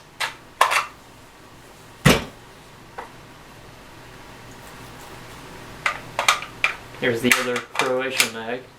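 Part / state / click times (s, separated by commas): rifle magazine into AK magazine well / not seated / none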